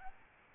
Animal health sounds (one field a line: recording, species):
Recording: mosquito wingbeat signal from an infrared sensor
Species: Aedes albopictus